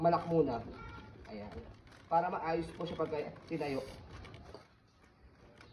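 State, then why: Seated. An Aprica Soraria Premium stroller is folded and stood upright with the rear wheels set first, while someone talks. After the talking fades, the folding-frame lock clicks shut at 5.6 s, and the lock is confirmed as engaged.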